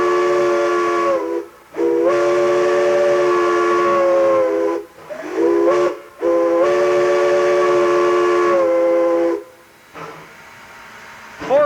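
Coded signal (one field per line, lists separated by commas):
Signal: train horn signal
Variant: steam locomotive whistle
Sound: steam whistle chord sounding two long blasts, one short, then one long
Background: steam hiss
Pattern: 2 long, 1 short, 1 long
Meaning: Train approaching a public road crossing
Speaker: Originally it was two long and two short blasts, but that was changed to two long, one short, and one long. The last long being held down until you're actually on the crossing itself.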